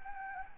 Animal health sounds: mosquito wingbeat signal from an infrared sensor; Anopheles gambiae

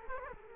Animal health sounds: mosquito wingbeat signal from an infrared sensor; Culex quinquefasciatus

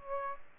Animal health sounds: mosquito wingbeat signal from an infrared sensor; Aedes aegypti

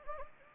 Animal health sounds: mosquito wingbeat signal from an infrared sensor; Anopheles gambiae

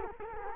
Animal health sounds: mosquito wingbeat signal from an infrared sensor; Culex quinquefasciatus

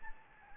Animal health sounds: mosquito wingbeat signal from an infrared sensor; Anopheles arabiensis

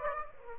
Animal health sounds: mosquito wingbeat signal from an infrared sensor; Aedes aegypti

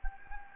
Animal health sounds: mosquito wingbeat signal from an infrared sensor; Anopheles gambiae

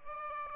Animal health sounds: mosquito wingbeat signal from an infrared sensor; Aedes albopictus

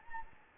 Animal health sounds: mosquito wingbeat signal from an infrared sensor; Anopheles gambiae

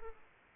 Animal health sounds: mosquito wingbeat signal from an infrared sensor; Aedes aegypti

